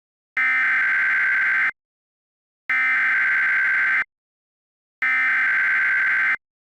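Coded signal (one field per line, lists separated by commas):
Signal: Emergency Alert System (SAME) tones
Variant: header bursts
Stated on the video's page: Mock tornado warning for parts of Maryland, Delaware and Pennsylvania.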